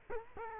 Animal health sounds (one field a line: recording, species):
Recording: mosquito wingbeat signal from an infrared sensor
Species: Culex quinquefasciatus